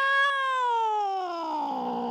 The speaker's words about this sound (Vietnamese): Cô chưa biết phải làm sao để thoát ra được sự quỷ dị này, thì may thay một con mèo từ đâu kêu lên.